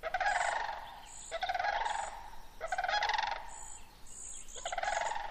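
Sandhill cranes giving loud rolling, rattling bugles in several bursts.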